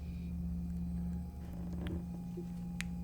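A third-party square metal lens hood is turned onto the lens of a Leica Q3 compact camera over a steady low hum. A faint tick comes at 1.9 s, then a sharp click at 2.8 s as the hood's lock engages and it seats in place.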